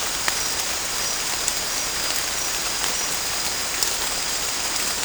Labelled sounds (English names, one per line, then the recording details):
none
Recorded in pastures near Puerto Asís, Putumayo, Colombia, on 18 December 2024 at 23:30
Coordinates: 0.496, -76.326
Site G004